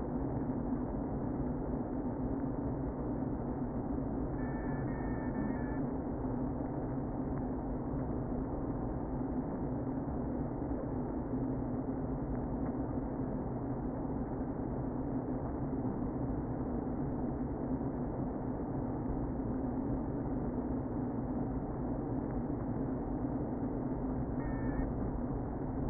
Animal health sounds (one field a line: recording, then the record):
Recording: honeybee colony, microphone inside the hive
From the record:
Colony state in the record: queen present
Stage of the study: before two queens were removed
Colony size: about 60,000 bees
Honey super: yes